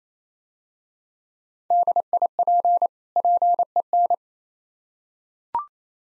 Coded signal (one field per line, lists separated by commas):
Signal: Morse code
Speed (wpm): 27 wpm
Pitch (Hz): 700 Hz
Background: none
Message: DIP PEN